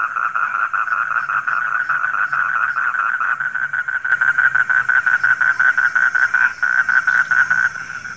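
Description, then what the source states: Frog croaking in a busy run of fast pulsed notes; midway the sound turns louder and more sharply rhythmic. Calling at night.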